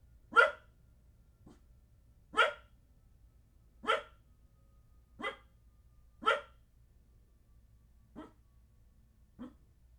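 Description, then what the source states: Dog barking, seven sharp yaps roughly every one to two seconds, the last two softer, with a low steady hum underneath. Small dog barking indoors in an apartment.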